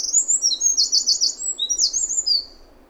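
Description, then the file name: Eurasian wren song: shrill, fast-paced notes and rattling trills tumbling rapidly for over two seconds, then fading, with faint low background rumble. "Troglodytes troglodytes"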